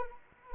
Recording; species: mosquito wingbeat signal from an infrared sensor; Anopheles arabiensis